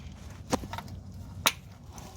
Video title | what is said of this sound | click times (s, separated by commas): N63 2011 X5 50i Hp Fuel Sensor | we'll reconnect that and now we'll put the crank case ventilation hose back on make sure it clicks | 1.5 s